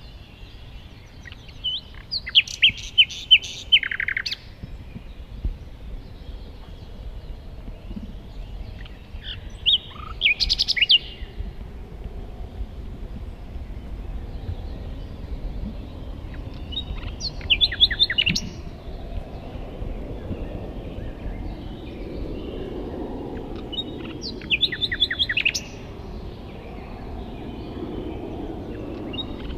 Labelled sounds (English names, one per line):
Common Nightingale song